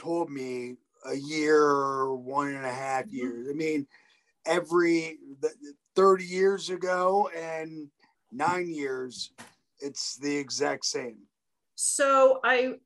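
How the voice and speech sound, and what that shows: Adult male stroke survivor speaking with aphasia, about 9.5 years after the stroke: halting, fragmented phrases with garbled numbers and jumbled word order, broken by frequent pauses.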